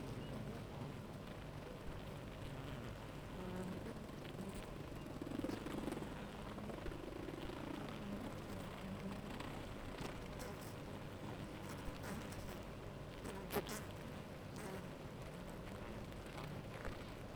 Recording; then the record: honeybee colony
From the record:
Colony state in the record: active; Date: 28 July 2017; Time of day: 9:39